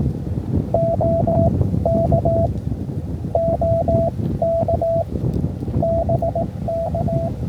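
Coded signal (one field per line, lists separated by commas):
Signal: Morse code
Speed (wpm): 16 wpm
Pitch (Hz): 650 Hz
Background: radio noise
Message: OK OK BK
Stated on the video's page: Park activation, using a wire sloper antenna.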